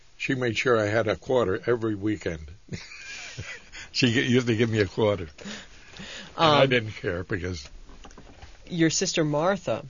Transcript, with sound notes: She made sure I had a quarter every weekend. (he laughs) She used to give me a quarter. I didn't care because...
Your sister Martha?